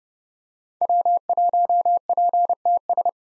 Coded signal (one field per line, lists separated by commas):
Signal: Morse code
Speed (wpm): 31 wpm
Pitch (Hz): 700 Hz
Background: none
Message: W1PTS